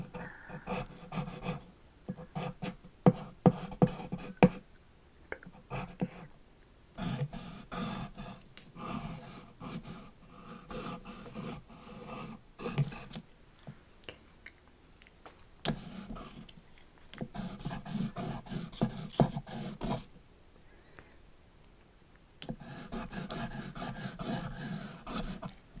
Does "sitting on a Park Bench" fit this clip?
no